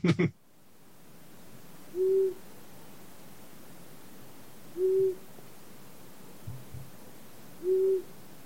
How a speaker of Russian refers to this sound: А крик ушастой совы, он немножечко похож, но он скорее такой «у-у-у-у-у».